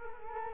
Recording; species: mosquito wingbeat signal from an infrared sensor; Culex quinquefasciatus